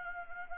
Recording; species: mosquito wingbeat signal from an infrared sensor; Anopheles arabiensis